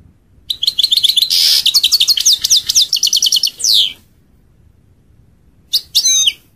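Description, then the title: European goldfinch singing a quick tinkling phrase with a buzzy trill and rising notes, then a pause and a brief twittered ending. "Chant Chardonneret"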